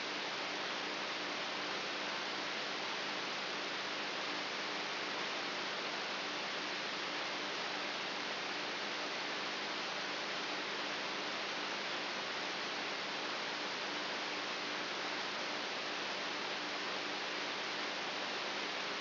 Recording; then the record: brain microelectrode recording played as sound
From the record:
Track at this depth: inside the subthalamic nucleus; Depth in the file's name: 1.84 mm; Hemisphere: right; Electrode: 3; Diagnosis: Parkinson's disease